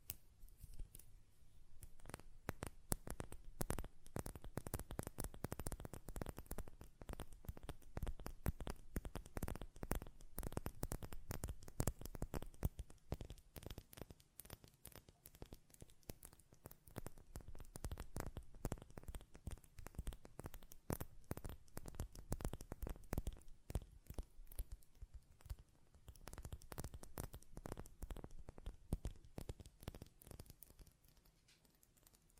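Rapid, dense tapping on a glass perfume bottle, with clicks and light knocks piling up nearly without pause. The taps sound crisp with a dull low thump under them. The activity eases briefly around fifteen and twenty-four seconds before picking back up.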